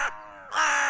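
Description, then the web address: Crow cawing, two harsh, hoarse caws about half a second apart, the first short and the second longer and rasping. Recording of four caws, with another crow in the background. "lynne-publishing Bird Crow Krah 4 times - Other crow in background"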